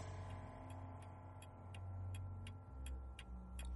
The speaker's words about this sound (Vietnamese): Thời gian cứ như vậy trôi qua, tiếng kim đồng hồ vang lên tích tắc trong căn phòng.